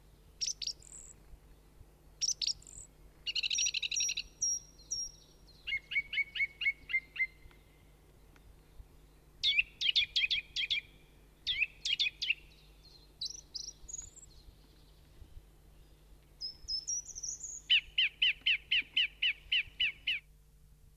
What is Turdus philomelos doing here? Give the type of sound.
song